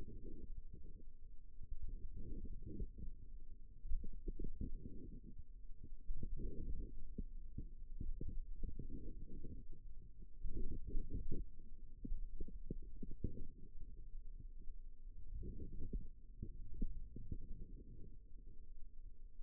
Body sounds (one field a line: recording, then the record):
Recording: forearm muscle sounds (acoustic myography)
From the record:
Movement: outward rotation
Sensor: system 2, bracelet of six BSWA MPA416 microphones around the upper forearm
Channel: 4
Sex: female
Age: 22 years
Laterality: right